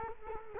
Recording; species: mosquito wingbeat signal from an infrared sensor; Culex quinquefasciatus